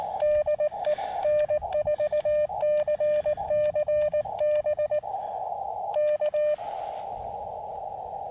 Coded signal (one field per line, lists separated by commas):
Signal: Morse code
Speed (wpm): 19 wpm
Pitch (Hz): 600 Hz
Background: radio noise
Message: DE N4CCB K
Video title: SOTA FAIL on Pikes Peak